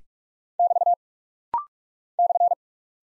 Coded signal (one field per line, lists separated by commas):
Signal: Morse code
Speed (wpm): 44 wpm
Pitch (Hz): 700 Hz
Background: none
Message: <BT> /